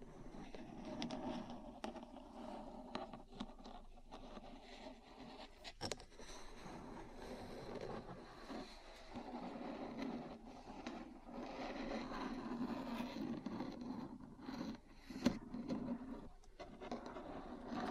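Metal parts scratch and rub continuously, a rough, grainy scraping that swells and eases without ever stopping. Sharp taps cut through now and then, with clear ones near 2, 6 and 15 seconds, the last the loudest. A low, dull tone sits underneath throughout.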